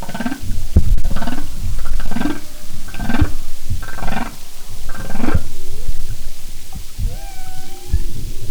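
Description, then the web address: Humpback whale grunts: rough pulses repeated about once a second, then softer short upswept squeaks toward the end. "Marine Mammals humpback"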